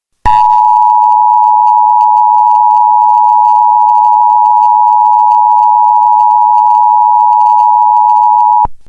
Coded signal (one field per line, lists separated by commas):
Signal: Emergency Alert System (SAME) tones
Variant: 853 and 960 Hz attention tone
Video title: An EAS Scenario Story-The Day...We Were Judged #EAS #EAS Scenario